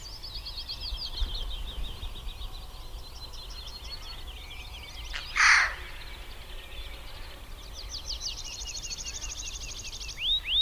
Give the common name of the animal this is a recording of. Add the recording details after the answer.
Eurasian Jay. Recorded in the wild. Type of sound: call. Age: adult. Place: Schönow, Naturpark Barnim, Brandenburg, DE. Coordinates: 52.6939, 13.5044. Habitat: wood. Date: 2005-05-01. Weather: clear, 10°C, no wind. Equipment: Edirol R-4, Sennheiser MKH 70, Windschutz. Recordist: Frommolt, Karl-Heinz. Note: Im westlichen Teil des Naturschutzgebietes Schönower Heide: Rufe nach Landung und im Flug. Entfernung 30 m. Tier gesehen